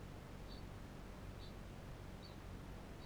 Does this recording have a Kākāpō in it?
yes